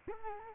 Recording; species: mosquito wingbeat signal from an infrared sensor; Culex quinquefasciatus